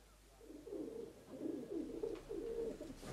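Several pigeons in a dovecote coo in low, overlapping throaty burbles, a steady murmur of rolling calls with no voices.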